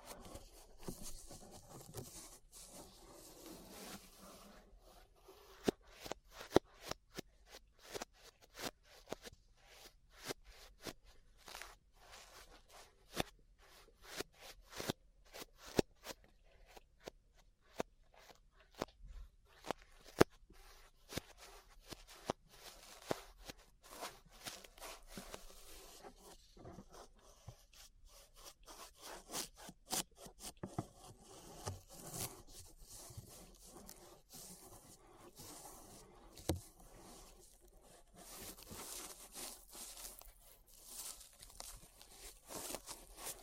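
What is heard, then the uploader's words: Ear brushing makes dense, irregular scratchy strokes and sharp clicky taps throughout, busiest in the middle and softer, smoother rubbing near the end. ASMR Relaxing 3Dio Ear Brushing (No Talking).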